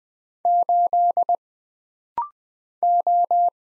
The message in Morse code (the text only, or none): 8 O